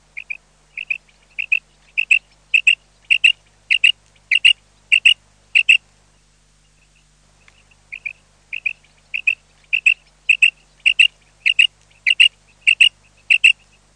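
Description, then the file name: Common quail giving crisp two-part notes in a steady series, breaking off for about two seconds before the same quick rhythmic doublets return. "QUAGLIA"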